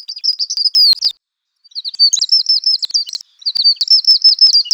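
Bird song made of rapid, high, thin repeated notes in three bursts, each a fast chattering string of similar chips broken by short gaps.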